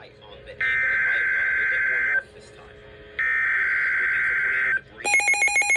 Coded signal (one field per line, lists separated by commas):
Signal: Emergency Alert System (SAME) tones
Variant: header bursts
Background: speech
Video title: Flash Flood Warning (EAS #632) 3/15/25